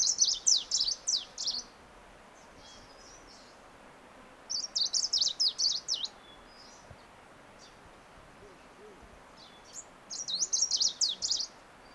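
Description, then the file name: Green warbler giving high, thin, twittering phrases of quick sliding notes, three bursts about one and a half seconds long separated by quiet spells, over soft background noise. Sri Lanka, in a national park, 7 November 2013. "Green-Warbler-Horton-Plains-NP-07 Nov 2013"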